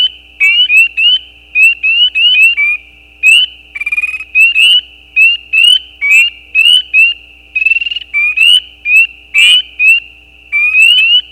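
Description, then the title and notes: Spring peepers calling: many bright, rising peeps in irregular runs, with a pulsed trill among them. Mating calls of peeper frogs, given as individual calls with gaps; recorded at night at the side of a gravel road. "Peepers peeping. Peeper frogs mating calls - the calls are more individual with gaps in the recording. Recorded at the side of a gravel road at night. Recorded by Anton Pickard. Part of the Music for Sleep project"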